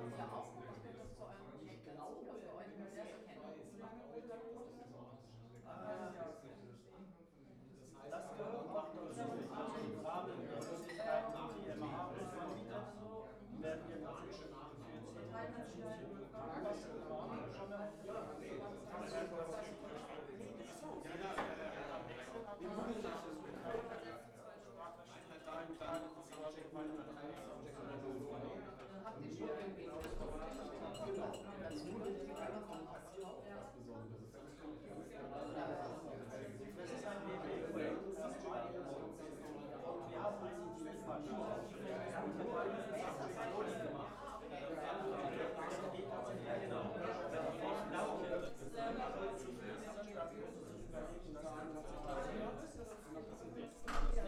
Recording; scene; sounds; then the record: everyday scene through a hearing-aid microphone; many people talking; many voices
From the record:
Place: bistro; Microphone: behind the ear, left, rear